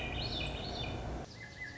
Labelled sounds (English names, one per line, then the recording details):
Swainson's Thrush
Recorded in Sonoma County, California